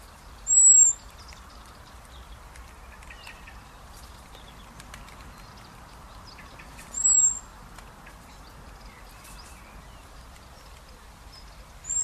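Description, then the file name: Common blackbird repeating a thin, high, steady whistled note three times, several seconds apart, the last cut off at the end, over faint background hiss. "Turdus merula"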